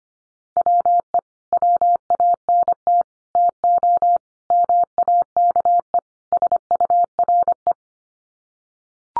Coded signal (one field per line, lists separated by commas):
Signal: Morse code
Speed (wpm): 25 wpm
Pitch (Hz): 700 Hz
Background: none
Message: WE WANT TO MAKE SURE